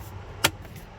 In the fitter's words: click right in same thing with this part